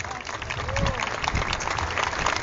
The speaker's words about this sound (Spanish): Gracias, Jesús. Fuerte el aplauso a Él.